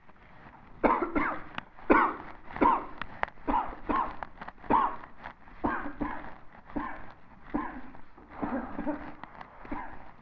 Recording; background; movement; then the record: voluntary coughing; quiet; sitting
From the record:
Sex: female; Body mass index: 36.4 kg/m2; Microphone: on the chest, facing the body